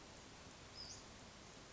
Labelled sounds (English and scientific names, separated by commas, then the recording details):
Western Flycatcher (Empidonax difficilis)
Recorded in Sonoma County, California